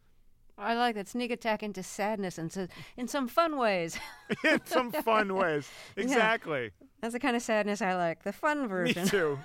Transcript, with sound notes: I like that, sneak attack into sadness - and in some fun ways.
(LAUGHTER)
In some fun ways, exactly.
That's the kind of sadness I like, the fun version.